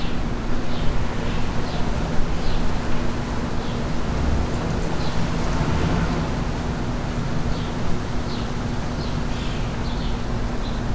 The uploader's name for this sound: Windy Day In The Suburbs